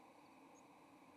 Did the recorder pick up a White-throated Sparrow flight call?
no